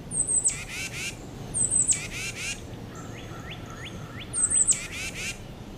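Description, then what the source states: Tufted Titmouse calling: thin, very high descending notes followed by harsh raspy notes, in three bouts, with a soft series of rising notes from another bird in between and a constant low rumble. The titmouse's standard call, with a cardinal in the background.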